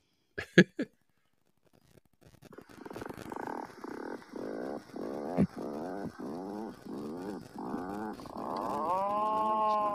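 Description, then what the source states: Atlantic puffin call played back: three brief loud notes, then a drawn-out series of low, rattling, stuttering grunts that grow slightly louder. Played back from a bird-identification app; call likened to an old man laughing or a dirt bike.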